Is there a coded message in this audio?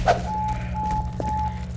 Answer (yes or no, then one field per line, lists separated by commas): no